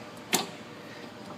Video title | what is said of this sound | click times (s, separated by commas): Ford F-150 3.5L Ecoboost Hard Brake Pedal: Vacuum Pump Replacement | same thing with the actual vacuum line on here just push it in till it clicks it's all self locking give it a little tug | 0.4 s